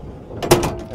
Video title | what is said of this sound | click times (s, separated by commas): 2022 Newmar Ventana 4369 | locks in place | 0.5 s